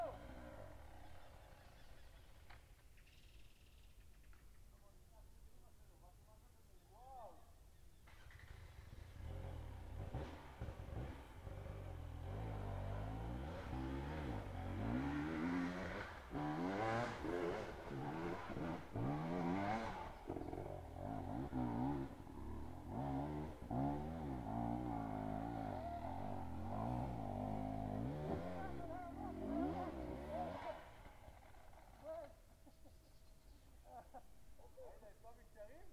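A daily forest outing, with a vehicle engine swelling and revving from about ten to thirty seconds, then settling quieter, with faint voices.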